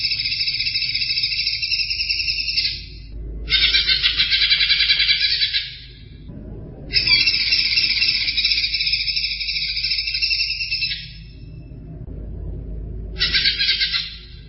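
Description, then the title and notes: Greater green leafbird song in long, rapid, shimmering trills of several seconds each, broken by brief pauses, with a steady low hum underneath. Champion songbird (juara). "Kicau Burung Cucak Ijo Juara. Suara kicauan burung cucak ijo"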